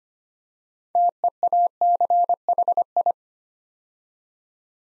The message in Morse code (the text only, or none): TEACHI